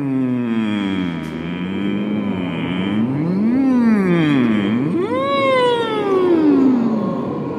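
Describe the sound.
Members of the amateur choir Stella Maris sing a 'siren' vocal warm-up exercise: sustained siren-like glides, sweeping their pitch slowly up and down in continuous wavering arcs, then swooping high before sliding back down, steady and fairly loud without words.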